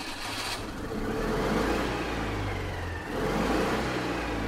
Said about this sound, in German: Die Großmutter gibt Gas.